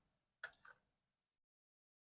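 A plastic Skull Knight face piece is pressed into the helmet of a Bandai Namco Guts Berserker armor action figure from Berserk. It pops into place with a sharp tick at 0.4 s, followed by a softer tick at about 0.7 s. The piece seats without any trouble.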